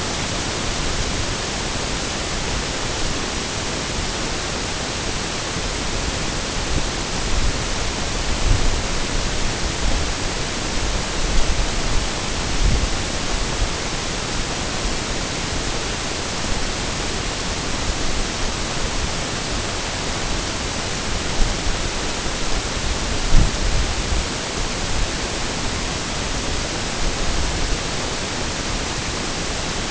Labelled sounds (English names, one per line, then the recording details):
none
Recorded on Arctic tundra, site NAIT-1, on 22 June 2018
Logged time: 15:00